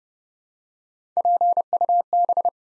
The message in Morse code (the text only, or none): PUB